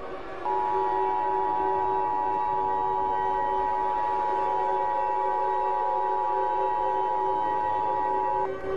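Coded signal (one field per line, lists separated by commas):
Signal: Emergency Alert System (SAME) tones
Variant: 853 and 960 Hz attention tone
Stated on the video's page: Fictional EAS scenario.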